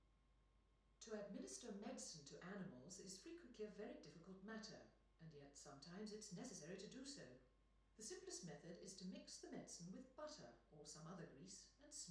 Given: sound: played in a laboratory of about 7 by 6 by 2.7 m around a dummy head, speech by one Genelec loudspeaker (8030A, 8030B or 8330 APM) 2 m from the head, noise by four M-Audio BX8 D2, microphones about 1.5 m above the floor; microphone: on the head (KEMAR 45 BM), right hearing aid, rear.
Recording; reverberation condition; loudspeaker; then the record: female speech in English; medium; 150 degrees to the left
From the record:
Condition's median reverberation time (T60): about 510 ms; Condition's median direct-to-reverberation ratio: about -0.5 dB